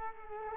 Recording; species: mosquito wingbeat signal from an infrared sensor; Culex quinquefasciatus